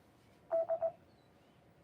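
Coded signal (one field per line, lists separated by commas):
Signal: none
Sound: repeater courtesy beeps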